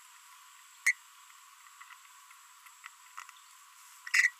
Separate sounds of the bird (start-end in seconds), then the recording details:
0.86-0.92, 4.14-4.29. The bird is a female. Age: 30 days. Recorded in a nest box in Venezuela. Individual 17B42B1